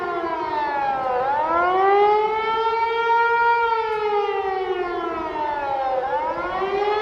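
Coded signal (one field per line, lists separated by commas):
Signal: siren signal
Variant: Hörmann HLS 273 siren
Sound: loud mechanical-electronic siren wailing up and down in slow repeated cycles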